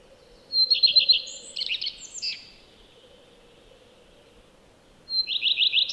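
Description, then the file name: Common redstart song, a quick run of bright repeated notes breaking into a jumbled, scratchy ending, followed after a pause by the same opening run again over a low hum. "Lepplintu Redstart"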